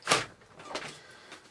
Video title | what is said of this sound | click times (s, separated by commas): Miele S7 Cat and Dog - After Refurbishment! | You just push down until it clicks, really. Maybe I should have pushed a bit harder. Oh, there we go. | 0.1 s